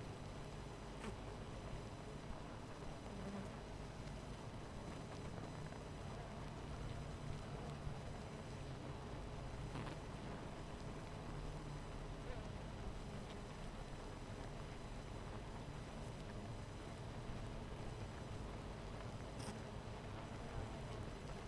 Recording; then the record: honeybee colony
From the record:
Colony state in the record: missing queen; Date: 14 July 2017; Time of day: 17:59